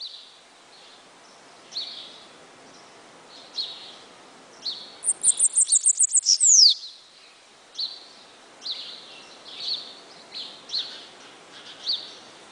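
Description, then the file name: Bananaquit song once, a hurried string of very high ticks finishing with a sliding buzzy note, over steady chirping of other birds. "Cambacica"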